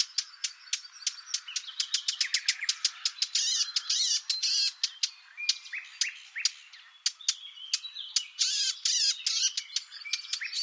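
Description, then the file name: Eurasian blackcap sharp clicking calls in irregular runs, interspersed with short scratchy warbling passages and pauses. "Sylvia atricapilla"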